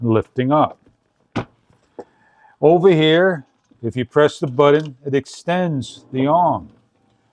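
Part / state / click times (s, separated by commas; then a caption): telescoping handle arm in the folding hand truck frame / not seated / none. Someone talks while handling the telescoping handle arm in the frame of a KEDSUM 90&150° folding, 500 lb heavy-duty hand truck dolly, pressing its button to extend the arm, with a couple of brief handling noises around 1.4 and 2.0 s. The arm has not yet locked into place; nothing has seated or clicked by the end of the clip.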